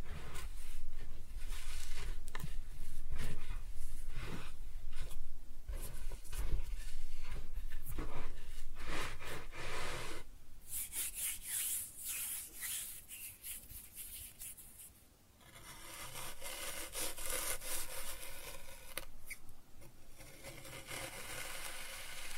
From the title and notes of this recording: ASMR Kinetic Sand Cutting and Scooping Sounds (No Talking).